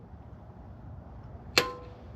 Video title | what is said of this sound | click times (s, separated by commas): Don't Get Stranded - 7 Winter CHEAP Car Fixes You Need Now! | And you hear that click. | 1.6 s